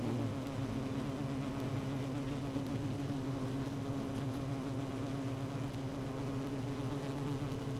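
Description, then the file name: Honey bee colony hum, a steady dense drone with even low tonal bands that holds unchanged throughout, with no other sounds breaking through. Queen bee in hive 1, recorded 12 June 2018 at 16:30. "Hive 1 12 06 2018 Queen Bee H 1"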